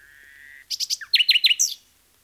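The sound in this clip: Common nightingale song: a steady whistled note, then quick rhythmic repeated downslurred notes in a short phrase.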